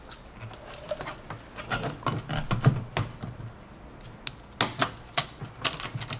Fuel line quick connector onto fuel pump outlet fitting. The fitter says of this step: slide that in until it clicks and